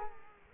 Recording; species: mosquito wingbeat signal from an infrared sensor; Culex quinquefasciatus